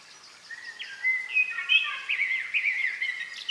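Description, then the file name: Common blackbird song: a continuous flow of mellow whistled notes, sliding and wavering. "Turdus merula"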